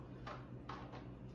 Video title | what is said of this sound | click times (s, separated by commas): Mr. Clean Spin Mop | this little part here just snaps in like that | 0.7 s